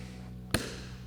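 A supplied plastic retaining clip is pushed into the edge of a Bushwacker Hyperform flat-style fender flare for a Jeep Wrangler JL, with its locking portion on the inside, to hold the flare to the Jeep body. Over a steady low hum, a single sharp snap is heard at 0.6 s, followed by a brief decaying tail. The clip seats.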